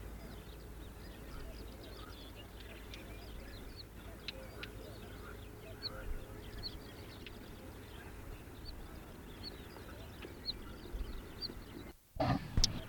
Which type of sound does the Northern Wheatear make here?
call